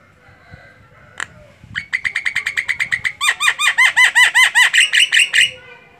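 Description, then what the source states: Javan myna song: one sharp note, then a quick series of metallic chirps turning into loud, arched, ringing notes. Singing; the local term for the song style is ngoceh.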